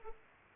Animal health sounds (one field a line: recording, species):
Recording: mosquito wingbeat signal from an infrared sensor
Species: Aedes aegypti